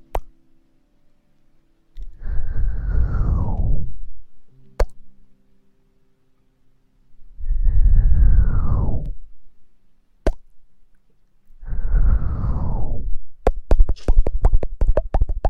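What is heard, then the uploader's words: Three long breathy blows into the ear, each a rushing gust of about two seconds with a falling whoosh, at roughly 2, 7 and 12 seconds. Between them come single sharp clicks, then a quick run of wet kissing pops at the end. ASMR Blowing in the ear, kissing in the ear.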